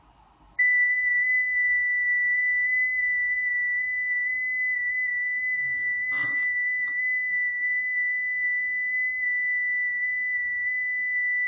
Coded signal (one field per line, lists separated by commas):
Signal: FT8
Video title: 05-05-2024 FT8 FT4 debut with VE3ARF and VA3EWV on the Yaesu FT-991